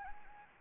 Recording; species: mosquito wingbeat signal from an infrared sensor; Anopheles gambiae